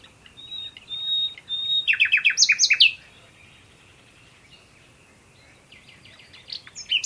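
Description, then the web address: Bird calls: thin whistled notes, then a rapid series of chirps, followed by a quiet pause and more chirping near the end. "Bird Only"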